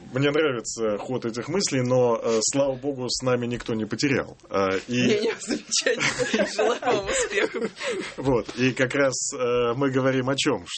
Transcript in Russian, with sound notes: Мне нравится ход этих мыслей, но, слава богу, с нами никто не потерял.
Не-не, замечательно. Я желаю вам успехов. (все смеются)
Вот. И как раз мы говорим о чем?